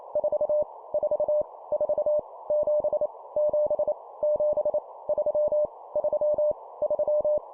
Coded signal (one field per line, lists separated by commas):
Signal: Morse code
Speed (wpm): 28 wpm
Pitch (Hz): 600 Hz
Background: none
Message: 4 4 4 7 7 7 3 3 3